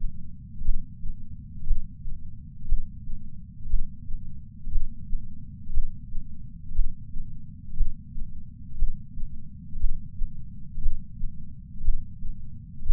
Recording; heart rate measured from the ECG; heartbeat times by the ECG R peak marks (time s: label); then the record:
heart sounds by patch sensor on the chest; 59 bpm
0.63 s: heartbeat
1.65 s: heartbeat
2.67 s: heartbeat
3.68 s: heartbeat
4.70 s: heartbeat
5.72 s: heartbeat
6.74 s: heartbeat
7.75 s: heartbeat
8.77 s: heartbeat
9.78 s: heartbeat
10.80 s: heartbeat
11.83 s: heartbeat
12.84 s: heartbeat
From the record:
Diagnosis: coronary artery disease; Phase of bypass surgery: intraoperative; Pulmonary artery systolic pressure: 26 mmHg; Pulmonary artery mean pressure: 20 mmHg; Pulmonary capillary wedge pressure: 11 mmHg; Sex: female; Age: 69 years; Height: 148 cm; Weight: 51 kg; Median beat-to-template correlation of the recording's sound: 0.86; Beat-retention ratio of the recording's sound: 0.99